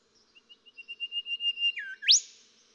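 Golden whistler song: a long crescendo of identical whistled notes, a falling slur, then a loud sharp upswept whip note.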